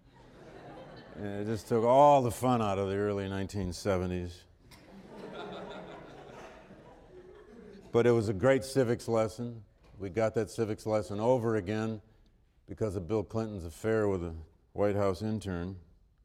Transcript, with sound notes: And it just took all the fun out of the early 1970s. [Laughter] But it was a great civics lesson. We got that civics lesson over again because of Bill Clinton’s affair with a White House intern,